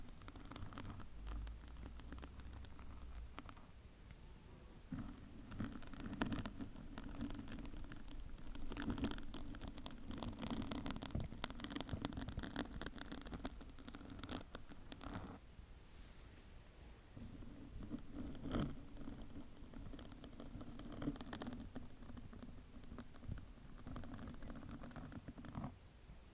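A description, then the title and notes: Head massage with brushing and scrunching: dense, crackly rustling of hair and bristles runs throughout, with sharper bursts near 9, 11 and 18 seconds. A low steady hum comes and goes, dropping out briefly around 4 seconds and again between 15 and 17 seconds. ASMR Tingly HEAD Massage (Brushing, Scrunching & More).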